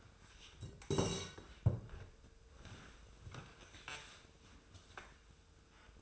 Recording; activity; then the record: daily activity, microphone in the room; sit down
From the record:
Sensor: 2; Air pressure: 1005.2 hPa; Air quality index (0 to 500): 100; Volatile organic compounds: 2 ppm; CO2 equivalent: 1214 ppm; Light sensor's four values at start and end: 7/17/7/7 and 7/17/7/7